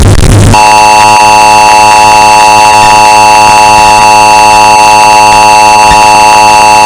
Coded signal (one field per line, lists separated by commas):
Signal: Emergency Alert System (SAME) tones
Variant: 853 and 960 Hz attention tone